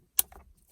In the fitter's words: you push lock